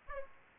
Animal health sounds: mosquito wingbeat signal from an infrared sensor; Aedes aegypti

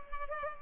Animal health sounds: mosquito wingbeat signal from an infrared sensor; Culex pipiens

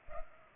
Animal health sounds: mosquito wingbeat signal from an infrared sensor; Culex pipiens

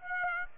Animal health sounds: mosquito wingbeat signal from an infrared sensor; Aedes aegypti

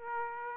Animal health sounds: mosquito wingbeat signal from an infrared sensor; Aedes aegypti

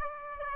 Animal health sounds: mosquito wingbeat signal from an infrared sensor; Aedes aegypti

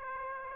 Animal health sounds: mosquito wingbeat signal from an infrared sensor; Aedes aegypti

